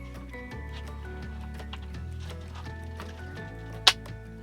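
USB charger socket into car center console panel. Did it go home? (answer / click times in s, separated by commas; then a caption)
yes / 3.9 s. A rear-passenger USB charger socket is pushed into its opening in the plastic center console panel of a Daihatsu Rocky 1.0 R Turbo while music plays in the background. A few faint taps come before one loud, sharp click at 3.9 s, when the socket snaps into place and is seated.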